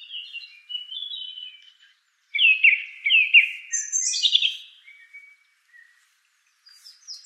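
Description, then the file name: Song thrush: songbird singing varied whistled phrases, one rich note doubled, then scratchier high notes and brief thin whistles after a pause. "suara-kicauan-burung-song-thrush 7-omkicau"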